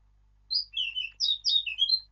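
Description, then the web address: Eurasian blackcap singing a short warbled phrase of clear, fluty whistled notes lasting about one and a half seconds, in an otherwise quiet background. "birdsong Sylvia atricapilla"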